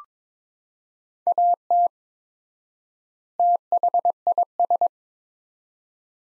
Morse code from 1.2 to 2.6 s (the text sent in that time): AT